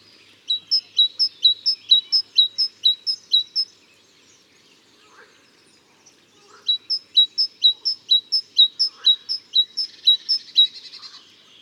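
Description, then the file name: Great tit uttering clear, high paired notes at a brisk steady pace in two runs split by a few seconds of near silence. "Parus major"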